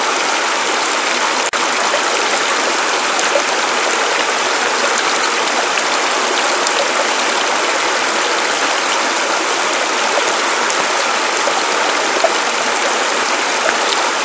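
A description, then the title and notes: A little creek rushes in a steady, dense wash of bright water noise, unchanging throughout with no low rumble and only tiny splashes. Little Creek and Natural Sounds. The water flows gently along the stones and creates a calming feeling.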